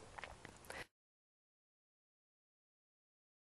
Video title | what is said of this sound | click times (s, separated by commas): Starlab Instructional Small | you will hear a click as the cylinder locks into place | 0.2 s